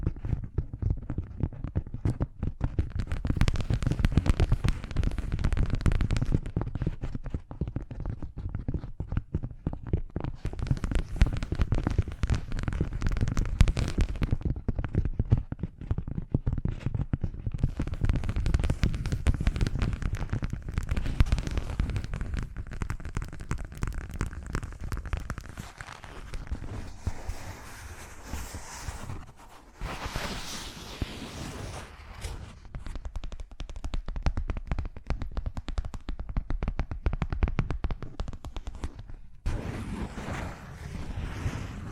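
Fast, unpredictable ASMR triggers shift every few seconds, mixing dense low rumbling and thumping handling sounds with crisp crackles and brief hissy swishes. Short pauses and abrupt switches at around 2, 7, 10, 25 and 30 seconds keep the texture changing, with bright scratchy bursts near the end.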